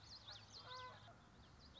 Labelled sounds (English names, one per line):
Common Yellowthroat